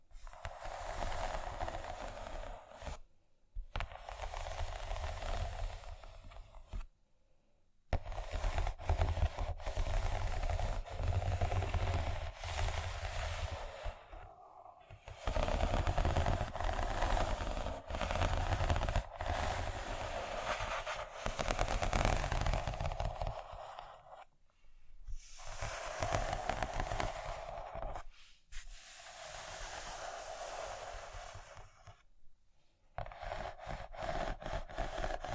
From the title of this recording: ASMR Scratching